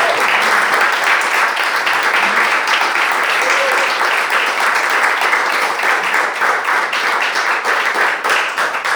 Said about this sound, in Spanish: Pido un aplauso.